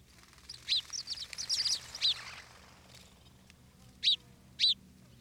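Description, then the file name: House sparrow chirping: a quick cluster of short, bright chirps in the first two seconds, then two separate sharp chirps near the end, over faint low hum. "Passer domesticus"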